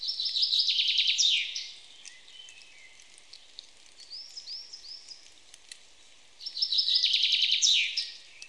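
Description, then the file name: Common chaffinch sings two rattling, descending trill phrases several seconds apart, each ending in a flourish; faint whistles of other birds sound between them. "Fringilla coelebs"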